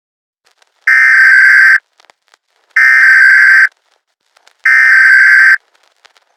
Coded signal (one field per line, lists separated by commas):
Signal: Emergency Alert System (SAME) tones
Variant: header bursts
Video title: EAS Scenario #1: ATOP/APATO